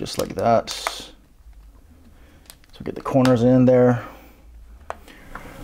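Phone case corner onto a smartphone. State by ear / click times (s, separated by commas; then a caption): seated / 4.9 s. An ArmadilloTek Vanguard rugged case of rigid plastic and rubber is fitted onto a Samsung Galaxy Note 10 Plus, its last corners worked over the phone and pressed home while someone talks. A sharp snap at 4.9 s marks the case corner seating onto the phone, with small handling taps around it.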